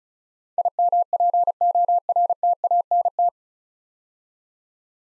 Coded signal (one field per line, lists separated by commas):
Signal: Morse code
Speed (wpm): 34 wpm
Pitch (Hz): 700 Hz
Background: none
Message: IMPORTANT